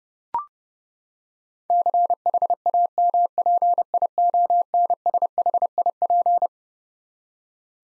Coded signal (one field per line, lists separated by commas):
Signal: Morse code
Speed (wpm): 30 wpm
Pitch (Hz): 700 Hz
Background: none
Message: CHAMPIONSHIP